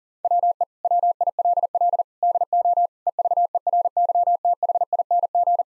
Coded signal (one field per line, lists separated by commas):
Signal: Morse code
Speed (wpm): 40 wpm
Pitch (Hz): 700 Hz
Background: none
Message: WE WILL DO EVERYTHING